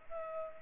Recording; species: mosquito wingbeat signal from an infrared sensor; Culex pipiens